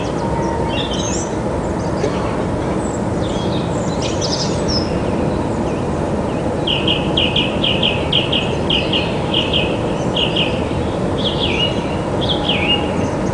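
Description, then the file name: Song thrush song: bright phrases of short notes, each repeated several times in quick runs, heard over a loud, steady rushing noise. "Turdus philomelos"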